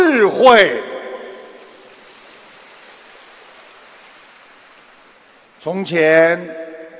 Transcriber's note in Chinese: 掌声